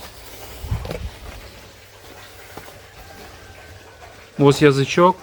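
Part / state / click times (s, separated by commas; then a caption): transport wheel bracket and latch on a potato planter frame / not seated / none. A lowered transport wheel on a potato planter frame has its bracket moved toward the locking point before the latch tongue engages. Low handling rumble is heard, with a brief sharp knock at about 0.9 s, and then someone talks near the end. Nothing has latched or clicked into place yet.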